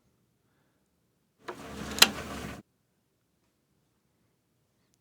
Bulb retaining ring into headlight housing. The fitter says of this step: clockwise until it snaps tight